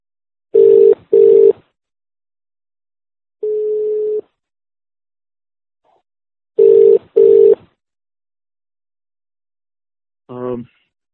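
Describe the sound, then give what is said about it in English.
A telephone ringing tone on an investor conference call line: paired short bursts of a steady low buzzing tone, a longer single tone between them, then another pair, ending with a brief blip. “Okay, we just wanted to make sure that the ringing that was going on was had stopped.”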